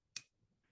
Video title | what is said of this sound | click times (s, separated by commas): Sept. DC Buzz Live from the Hive Audio Series: Wireless Audio Part 2 | and that actually locks into place where the Sony was a little twist this is a little button lock you just push it | 0.2 s